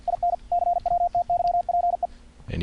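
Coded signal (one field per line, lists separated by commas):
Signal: Morse code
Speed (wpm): 50 wpm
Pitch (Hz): 700 Hz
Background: speech, radio noise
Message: IN CWTYPE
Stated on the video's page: Morse audio tones generated on a computer by software keyer programs, keyed with paddles or keys via serial or USB serial port, or mouse buttons.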